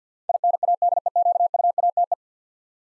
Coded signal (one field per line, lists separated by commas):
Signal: Morse code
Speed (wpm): 53 wpm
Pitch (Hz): 700 Hz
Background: none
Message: INADEQUATE